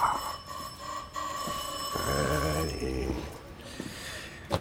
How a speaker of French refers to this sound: Ted fit le tour de la maison pendant que j'appuyais sur la sonnette.